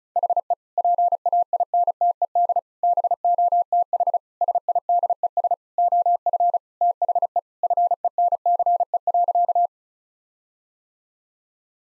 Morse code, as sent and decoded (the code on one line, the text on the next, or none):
.... . / .--. .- .. -. - . -.. / -... --- - .... / ... .. -.. . ... / --- ..-. / - .... . / ..-. . -. -.-. . .-.-.-
HE PAINTED BOTH SIDES OF THE FENCE.